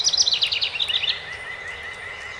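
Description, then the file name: House wren song, a quick bubbling burst of buzzy trilled notes that drops in pitch, followed by another bird's thin, steady series of notes. Recorded on 12 May 2018. "2018-05-12 HOWR"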